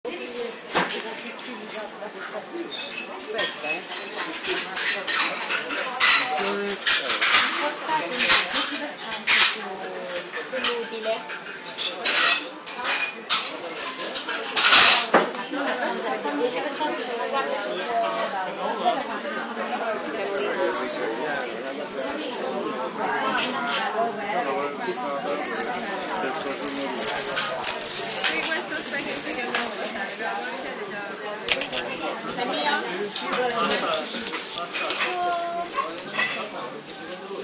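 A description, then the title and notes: Busy café chatter fills the space, with frequent clinks of cups, dishes and cutlery and a sharp clatter around fifteen seconds. Espresso time at castroni cafe by MegRobertson.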